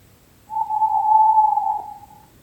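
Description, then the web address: Owl call: a single drawn-out, steady whistled note lasting nearly two seconds, over a faint low rumble. May 2023. "fotky 2023 05 luz sova"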